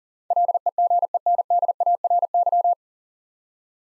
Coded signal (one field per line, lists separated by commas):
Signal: Morse code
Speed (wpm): 40 wpm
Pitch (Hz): 700 Hz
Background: none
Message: LEGENDARY